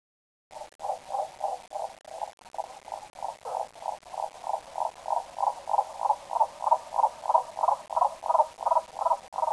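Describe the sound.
Frog croaking in a steady run of short, throaty pulses, roughly three each second, building gradually louder toward the end.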